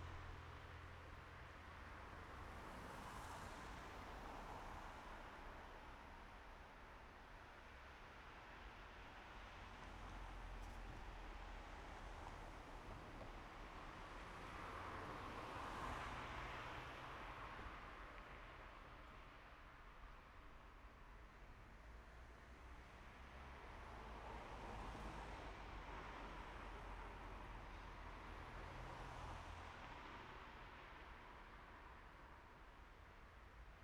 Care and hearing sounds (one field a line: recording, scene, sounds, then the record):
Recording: everyday scene through a hearing-aid microphone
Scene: in traffic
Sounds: traffic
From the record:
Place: main road on the outskirts, rush hour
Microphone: behind the ear, right, front